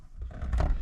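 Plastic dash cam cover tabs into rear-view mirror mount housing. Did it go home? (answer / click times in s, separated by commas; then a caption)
yes / 0.4 s, 0.5 s, 0.6 s. A plastic FITCAMX dash cam cover on a RAM RHO is lined up and pushed onto the rear-view mirror mount housing, and its tabs pop into place. Short, sharp pops are heard at 0.4 s, 0.5 s and 0.6 s over a low rumble as the cover seats.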